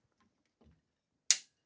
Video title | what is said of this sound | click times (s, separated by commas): Loading Your Long Arm with Rob Appell - Sew Well | One more click and I have nice light tension all the way across. | 1.3 s